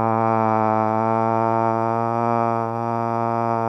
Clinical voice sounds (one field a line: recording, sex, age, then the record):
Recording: sustained vowel /a/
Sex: male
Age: 18 to 19 years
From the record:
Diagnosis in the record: healthy control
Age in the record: 19 years